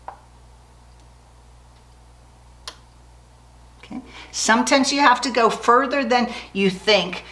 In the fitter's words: so it is now locked onto your Bob and Winder